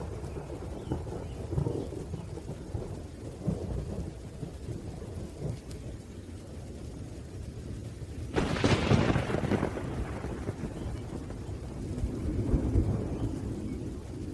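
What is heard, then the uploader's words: Rain falls with a steady low hiss while deep rumbles of thunder roll underneath. Around eight seconds a brighter, louder crack of thunder breaks in and fades over the next few seconds, then another softer rumble swells near twelve seconds. Sleep Music Rain Thunder.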